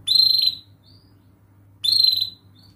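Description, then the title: Canary call: two bright, slightly buzzy whistled notes, each followed by a faint softer note. Gacor (lively singing) canary with best cengkok (melodic turns) and rich isian (filler phrases), for kicaumania song training. "Kenari Gacor Cengkok Terbaik Isian Paling Mewah Kenarigacor Kicaumania Kenari"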